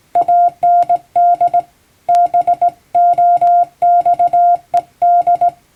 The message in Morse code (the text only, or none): AND BOXED